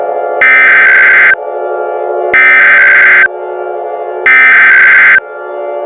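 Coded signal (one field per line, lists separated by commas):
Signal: Emergency Alert System (SAME) tones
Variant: header bursts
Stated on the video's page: Fictional EAS scenario.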